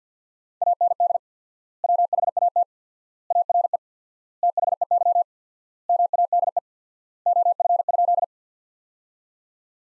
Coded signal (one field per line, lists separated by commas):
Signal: Morse code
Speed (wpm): 50 wpm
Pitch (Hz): 700 Hz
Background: none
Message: AND WHAT ARE THEY MADE OF?